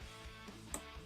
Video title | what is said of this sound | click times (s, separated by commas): ⛽ Filtre à Gasoil Polo V TDI : L'astuce pour s'en sortir ! 😱 | On pousse bien, ça fait clic | 0.7 s